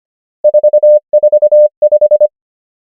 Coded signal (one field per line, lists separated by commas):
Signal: Morse code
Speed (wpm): 25 wpm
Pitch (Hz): 600 Hz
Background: none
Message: 4 4 5